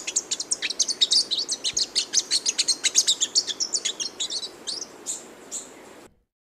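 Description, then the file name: Magpie tanager song of fast, sharp, high chirps in a rapid string, slowing toward the end before stopping abruptly. "canto da tietinga"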